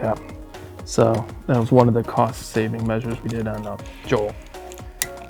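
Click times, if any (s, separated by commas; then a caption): 5.0 s. Someone talks while a torque driver tightens a painted screw into an Abyss JOAL headphone frame. The driver gives a sharp click at 5.0 s when it reaches its setting, showing the screw is at the right torque.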